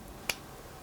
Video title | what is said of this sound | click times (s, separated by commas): Which SSD Setup is better for your iPhone 15 Pro Max | it clicks in | 0.3 s